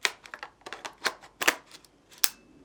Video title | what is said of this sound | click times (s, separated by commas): Sigma 24mm and 85mm F1.4 primes for Nikon Z mount | there we go got it on nice and tight You Hear The Click | 2.2 s